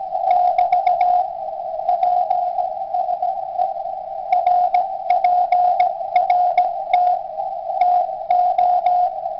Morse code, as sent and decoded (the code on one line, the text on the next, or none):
-...- / .--. ... . / .-. .--. .-. - / - ---
<BT> PSE RPRT TO